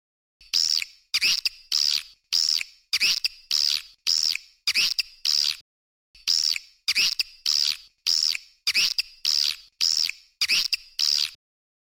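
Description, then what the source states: Swiftlet calls: a rapid series of harsh, squeaky chirps, about twenty-two in all, repeated at just under two per second with one short pause midway. Swiftlet calls from swiftlet farming in Asia.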